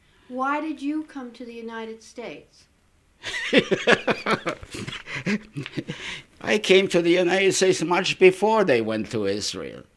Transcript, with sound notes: Why did you come to the United States?
( he laughs ) I came to the United States much before they went to Israel.